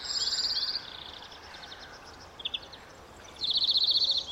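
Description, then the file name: European greenfinch: a loud rapid trill opens and another closes, with faint twitters and a brief double note between. "Chloris chloris"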